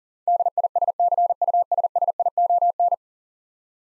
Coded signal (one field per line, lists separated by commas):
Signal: Morse code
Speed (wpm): 40 wpm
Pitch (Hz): 700 Hz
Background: none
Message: DISCUSSION